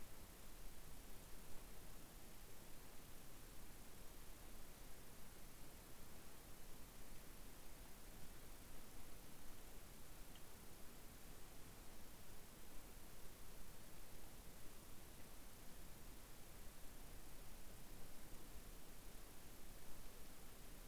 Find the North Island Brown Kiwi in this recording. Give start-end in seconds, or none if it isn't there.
none